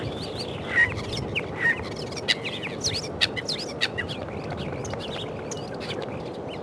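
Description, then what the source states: Common starling song made of quick clicks, chirps and short whistles tumbling together in a busy, chattering stream. Spring recording.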